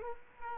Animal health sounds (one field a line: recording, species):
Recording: mosquito wingbeat signal from an infrared sensor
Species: Culex quinquefasciatus